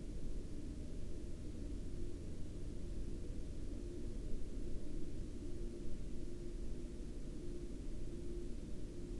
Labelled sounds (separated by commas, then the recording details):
man-made sound
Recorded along the Dalton Highway, Alaska, on 23 October 2019 at 22:43
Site 07